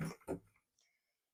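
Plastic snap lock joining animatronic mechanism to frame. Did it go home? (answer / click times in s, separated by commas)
no / none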